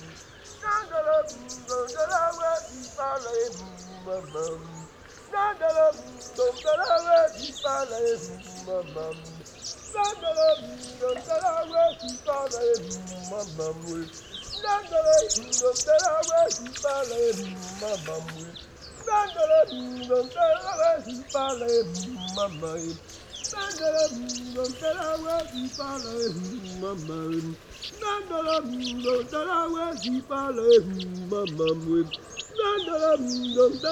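Birds sing messy, crumpled songs in a dense, unbroken tangle of chattering, whistles and warbles that stays busy for the whole stretch.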